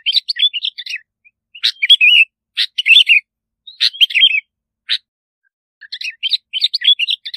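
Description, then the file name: Bulbul singing a lively run of warbled, rising-and-falling whistled phrases broken by sharp chips and brief pauses. "Tieng chao mao bong lau"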